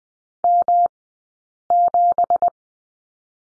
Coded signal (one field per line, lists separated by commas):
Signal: Morse code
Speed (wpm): 20 wpm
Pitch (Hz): 700 Hz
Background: none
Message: M7